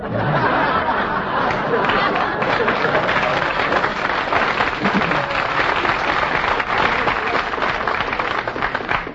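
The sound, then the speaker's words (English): The studio audience of the show You Bet Your Life, including Marines in the third row, applauds steadily for several seconds, dense clapping filling the whole stretch at an even loudness, with some murmured chatter mixed underneath. “Did you plant those Marines out front to applaud for you tonight there in the third row?”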